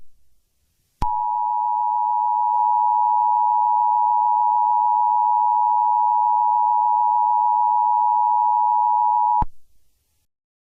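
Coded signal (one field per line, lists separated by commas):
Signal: Emergency Alert System (SAME) tones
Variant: 853 and 960 Hz attention tone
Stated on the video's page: Fictional EAS scenario, not a real alert.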